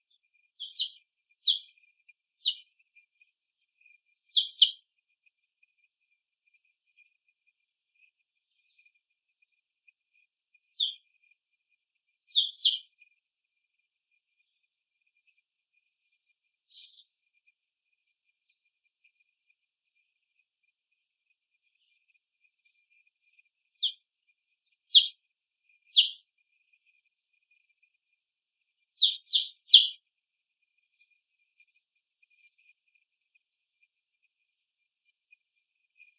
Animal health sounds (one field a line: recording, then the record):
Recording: young laying hens in a cage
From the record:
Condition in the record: after the stressor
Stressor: simulated dog barking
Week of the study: 1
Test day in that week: 1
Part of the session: 1